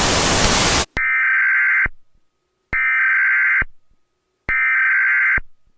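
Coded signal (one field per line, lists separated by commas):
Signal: Emergency Alert System (SAME) tones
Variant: header bursts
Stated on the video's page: Self-made monthly EAS test, second of four run the same day.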